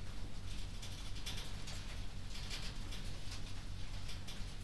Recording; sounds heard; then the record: poultry house recording; no chicken sound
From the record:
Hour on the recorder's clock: 22